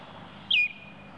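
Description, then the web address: Baltimore oriole call: one clear whistled note that slurs downward, with a low steady hum behind it. "bird oriole baltimore oriole calls animal"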